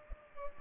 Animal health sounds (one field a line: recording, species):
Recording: mosquito wingbeat signal from an infrared sensor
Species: Culex pipiens